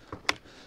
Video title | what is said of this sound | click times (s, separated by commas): TEST @WorxInternational Tronçonneuse Brushless sans fil NITRO 2x20V - 4Ah - WG385E WORX | vous entendez le clic vous pouvez utiliser votre tronçonneuse | 0.3 s